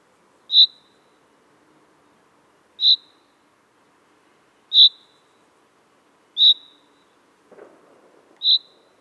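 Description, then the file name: Common chaffinch uttering five crisp high call notes at steady intervals of about two seconds, with a faint low rustle near the end. "Fringilla coelebs"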